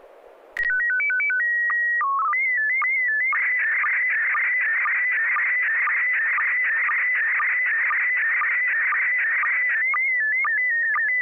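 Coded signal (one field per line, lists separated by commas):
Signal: SSTV (slow-scan television)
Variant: PD 120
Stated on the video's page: SSTV net on a 441.300 MHz FM repeater, with images sent using MMSSTV software.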